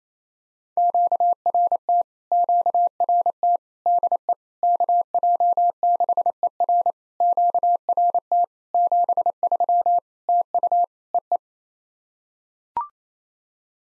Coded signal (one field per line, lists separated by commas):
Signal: Morse code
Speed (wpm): 28 wpm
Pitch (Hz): 700 Hz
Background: none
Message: QRT QRT DE KJ6ER QRT 73 TU EE